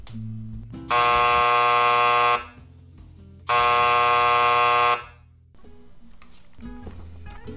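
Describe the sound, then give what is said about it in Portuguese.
A theater bell, the second bell, signaling the start rings in two long, loud electric blasts, each lasting about a second and a half, separated by a brief gap with only faint background sound between them. “Mas vamos fazer o seguinte: toca o segundo sino aí pra gente começar a falar direito desse tema.”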